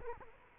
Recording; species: mosquito wingbeat signal from an infrared sensor; Culex quinquefasciatus